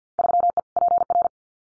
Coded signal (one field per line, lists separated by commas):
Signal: Morse code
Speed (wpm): 50 wpm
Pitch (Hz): 700 Hz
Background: none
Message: 3E PR